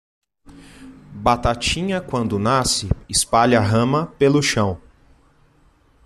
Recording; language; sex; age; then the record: short text; Brazilian Portuguese; male; 30 to 39 years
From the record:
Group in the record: control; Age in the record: 33 years